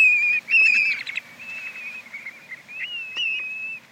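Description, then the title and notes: Black-bellied plover: clear whistles, a long level note followed by louder, wavering whistled phrases. Breeding bird in the Arctic National Wildlife Refuge in June, with almost continuous daylight at high latitude. "Black-bellied Plover, Arctic Nester. In the Arctic National Wildlife Refuge, June days offer almost continuous daylight to breeding birds, including this Black-bellied Plover"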